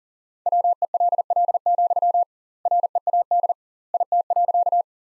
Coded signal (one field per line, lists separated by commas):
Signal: Morse code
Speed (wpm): 40 wpm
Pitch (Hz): 700 Hz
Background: none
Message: WELL, READ IT.